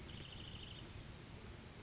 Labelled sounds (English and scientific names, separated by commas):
Chestnut-backed Chickadee (Poecile rufescens)